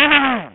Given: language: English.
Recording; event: throat vibration sensor signal played as sound; throat clearing